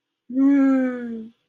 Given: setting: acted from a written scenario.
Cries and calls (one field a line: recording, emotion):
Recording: vocal sound without words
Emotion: awe